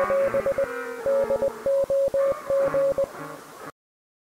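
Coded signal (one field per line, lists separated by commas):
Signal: Morse code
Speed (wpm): 20 wpm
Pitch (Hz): 550 Hz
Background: music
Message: <AS> DOG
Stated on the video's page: Morse heard in the mysterious game "No Players Online".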